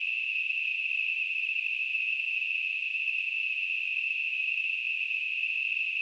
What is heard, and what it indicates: Tinnitus.